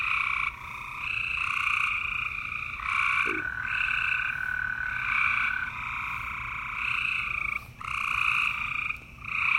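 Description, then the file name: Frogs keep up a dense chorus of buzzy, sustained croaks broken by brief gaps. "freesound FROGS"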